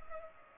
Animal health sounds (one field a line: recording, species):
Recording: mosquito wingbeat signal from an infrared sensor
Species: Culex pipiens